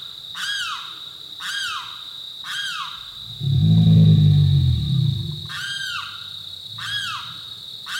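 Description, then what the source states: American alligator giving a deep, rough bellow of about one and a half seconds, surrounded by repeated downward-sweeping high calls and a steady shrill drone. Bellowing roars heard at night in swamp country, described as rising from foul-smelling swamp mud like gaseous belches escaping from deep within the earth.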